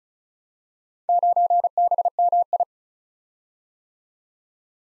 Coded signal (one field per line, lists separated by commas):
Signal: Morse code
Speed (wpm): 36 wpm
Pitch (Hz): 700 Hz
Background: none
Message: 9BMI